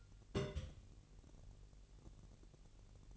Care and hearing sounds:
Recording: daily activity, microphone in the room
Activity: place on stove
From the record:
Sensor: 4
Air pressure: 1002.8 hPa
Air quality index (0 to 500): 238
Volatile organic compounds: 10 ppm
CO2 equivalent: 2234 ppm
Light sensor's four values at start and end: 7/16/6/6 and 7/16/6/6

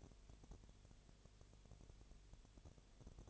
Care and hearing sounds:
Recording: daily activity, microphone in the room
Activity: no activity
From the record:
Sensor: 4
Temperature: 22.7 degrees Celsius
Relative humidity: 32.0%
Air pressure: 1008.1 hPa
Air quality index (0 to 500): 114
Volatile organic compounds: 2 ppm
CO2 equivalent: 1105 ppm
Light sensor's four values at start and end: 2/3/1/1 and 2/3/1/1

